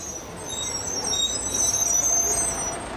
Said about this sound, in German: Der Bus kam. Alle stiegen ein.